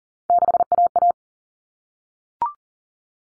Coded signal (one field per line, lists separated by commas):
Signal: Morse code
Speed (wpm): 40 wpm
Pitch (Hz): 700 Hz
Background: none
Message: 6AA